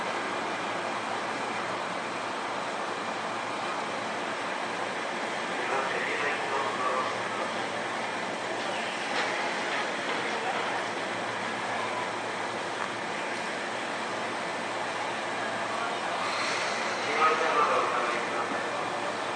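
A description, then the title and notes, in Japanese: A steady, dense rumble and hiss inside a moving commuter train, with brief brighter surges around six, nine and seventeen seconds. 相鉄7000系 横浜ー大和。車体アルミ製20m長の車体。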